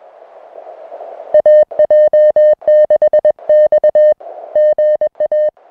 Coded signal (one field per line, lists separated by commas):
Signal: Morse code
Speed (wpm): 21 wpm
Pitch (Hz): 610 Hz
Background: music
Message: AJ6X GA